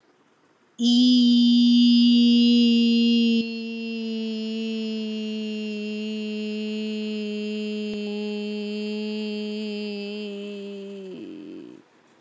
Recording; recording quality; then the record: sustained vowel as in beet; excellent, no background noise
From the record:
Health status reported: respiratory illness, not identified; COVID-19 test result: negative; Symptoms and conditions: none ticked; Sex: female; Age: 29 years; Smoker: not ticked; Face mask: not worn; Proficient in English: yes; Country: India